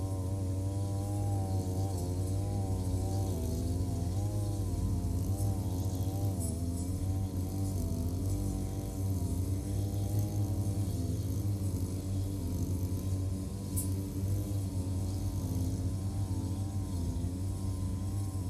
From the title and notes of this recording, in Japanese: ひたすら草刈り機で草刈り。梅雨真っ只中。草刈り機でネギの列、そして畑まわりを刈っていきます。録音場所は固定なので、あっちへ行ったり、こっちへ行ったりがわかりますね。